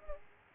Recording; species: mosquito wingbeat signal from an infrared sensor; Aedes aegypti